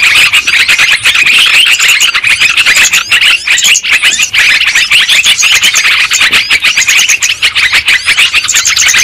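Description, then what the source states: Lovebirds chattering in a dense, continuous flock chorus of shrill, rapid chirps and squeaky twitters with no pauses throughout. Lure sound used for trapping birds.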